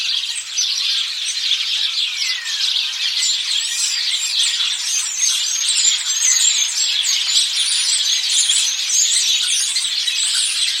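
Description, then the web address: Birds, many calling together in a thick mesh of twittering notes with high squeaky chips. "Deverinetal 2025. Bird Only"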